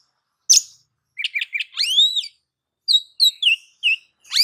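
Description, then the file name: Oriental magpie-robin song: a rasping note, three quick chips, a long rising whistle, then several short, clear falling whistles. "Suara-Kacer-Versi-7"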